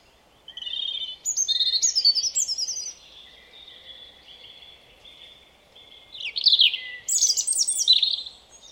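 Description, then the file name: European robin song: two bursts of high, tinkling, varied warbled phrases with thin whistles and quick trills, separated by a pause with faint twittering. "Erithacus rubecula"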